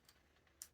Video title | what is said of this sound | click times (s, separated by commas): [HOW TO] DOUBLE BELL 804S SCAR H DISASSEMBLY - For repair and maintenance | and I can hear that it's clicking in so then | 0.6 s